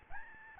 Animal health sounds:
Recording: mosquito wingbeat signal from an infrared sensor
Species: Aedes albopictus

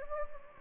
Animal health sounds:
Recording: mosquito wingbeat signal from an infrared sensor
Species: Anopheles gambiae

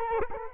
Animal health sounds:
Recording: mosquito wingbeat signal from an infrared sensor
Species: Culex quinquefasciatus

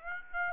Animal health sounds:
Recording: mosquito wingbeat signal from an infrared sensor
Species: Aedes aegypti

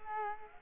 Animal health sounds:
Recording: mosquito wingbeat signal from an infrared sensor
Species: Culex quinquefasciatus

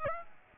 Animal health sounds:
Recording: mosquito wingbeat signal from an infrared sensor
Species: Aedes aegypti

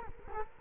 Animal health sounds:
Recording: mosquito wingbeat signal from an infrared sensor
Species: Culex quinquefasciatus

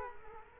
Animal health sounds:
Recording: mosquito wingbeat signal from an infrared sensor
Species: Culex quinquefasciatus

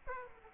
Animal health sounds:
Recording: mosquito wingbeat signal from an infrared sensor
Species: Aedes aegypti

